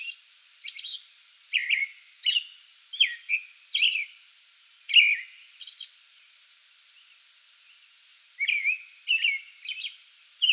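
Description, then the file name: American robin caroling in a run of whistled phrases with high notes, a pause of about two seconds, then further phrases resume. Pre-dawn song bout recorded 8 May 2022. "2022-05-08 American Robin pre-dawn song bout"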